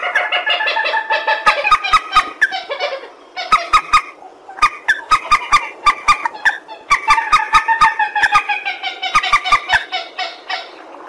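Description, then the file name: Purple swamphen in near-continuous loud cackling, with nasal, harmonic honks in rapid bursts separated by brief pauses and sharp clipped notes. "tieng trich re keu"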